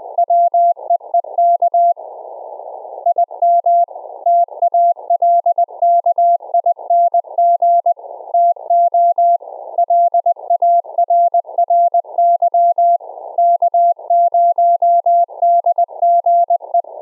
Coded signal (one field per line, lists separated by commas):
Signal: Morse code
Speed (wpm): 20 wpm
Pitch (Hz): 690 Hz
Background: none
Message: WEEK IM TALKING TO LARRY K0DGE